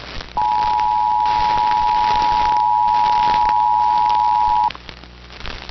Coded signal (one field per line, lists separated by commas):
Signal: Emergency Alert System (SAME) tones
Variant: 853 and 960 Hz attention tone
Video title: RETURN TO THE NORTHEAST | EAS Alerts from 7/12/2022 (EAS #1370-1410)